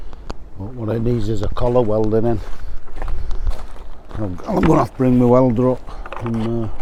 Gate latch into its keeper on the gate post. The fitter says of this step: lift it up forward it just uh clicks back in